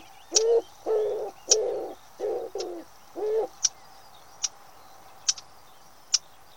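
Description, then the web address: Common wood pigeon cooing: a phrase of several soft, hollow, husky coos, followed by quiet; a sharp high note recurs throughout. "cianscape. Deverinetal. Bird Only"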